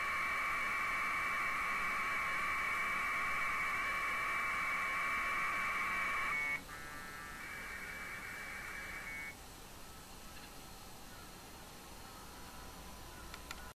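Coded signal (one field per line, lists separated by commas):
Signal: packet radio (AX.25, as in APRS)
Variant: 1200 baud AFSK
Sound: two long raspy warbling data bursts, the first about 6.5 seconds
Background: background hiss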